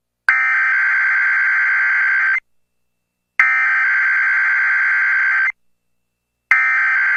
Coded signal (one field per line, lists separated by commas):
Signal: Emergency Alert System (SAME) tones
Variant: header bursts